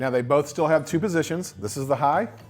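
A man talks while the telescoping handle of a hard-shell suitcase is handled at its high position, before being pushed down into the suitcase frame. Nothing has seated or clicked into place yet.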